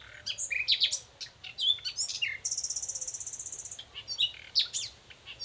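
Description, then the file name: Common nightingale song, a varied run of sharp whistles and chirps, then a long dry buzzing rattle, followed by more scattered high notes. "Luscinia megarhynchos"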